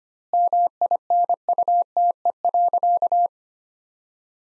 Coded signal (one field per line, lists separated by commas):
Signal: Morse code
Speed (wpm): 25 wpm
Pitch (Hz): 700 Hz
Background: none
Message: MINUTE.